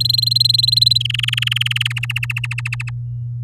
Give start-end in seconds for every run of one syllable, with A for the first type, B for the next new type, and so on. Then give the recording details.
0.00-0.98 A, 1.00-1.93 B, 1.96-2.90 C. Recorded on 8 May 2018 at 07:47. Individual llb16